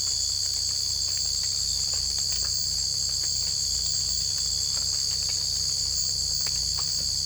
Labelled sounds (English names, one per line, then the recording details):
none
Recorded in secondary vegetation near Puerto Asís, Putumayo, Colombia, on 18 December 2024 at 01:30
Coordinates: 0.488, -76.319
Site GP04